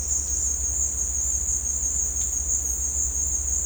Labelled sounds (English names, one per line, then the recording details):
none
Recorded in dense forest near Puerto Asís, Putumayo, Colombia, on 18 December 2024 at 16:00
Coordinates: 0.466, -76.327
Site G075